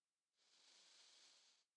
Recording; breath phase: one breath near a microphone; inhalation